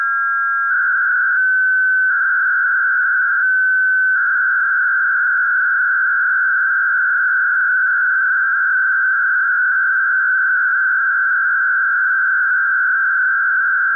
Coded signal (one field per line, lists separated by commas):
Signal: MT63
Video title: Daily Minutes DATA - Use Fldigi - Set RxID on